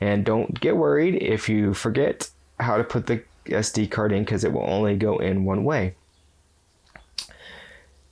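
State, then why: Seated. Someone talks, then an SD memory card is pushed, contacts facing the back, into the card slot of a Nikon D3300 camera. After a faint tick, a sharp click at 7.2 s marks the card latching into place, seated.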